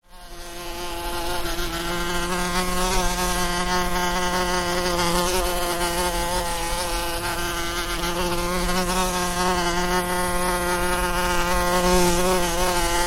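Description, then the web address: Wasp wingbeat buzz rising in quickly from quiet, then a steady droning hum with gentle pitch wobbles lasting to the end. Wasp buzzing around close by, constant buzzing. "Tom Hutchings Wasp Buzzing Around Close Constant"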